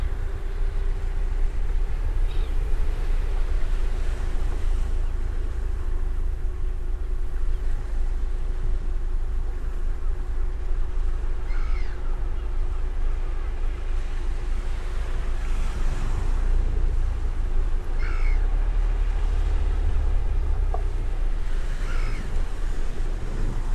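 Steady surf rumbles low and constant, with a faint engine-like hum through the first fifteen seconds and a few brief chirps.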